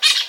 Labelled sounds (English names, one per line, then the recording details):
Brown-throated Parakeet contact call
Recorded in Venezuela
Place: Guárico; Corozopando; Fundo La Fe
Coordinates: 8.506, -67.593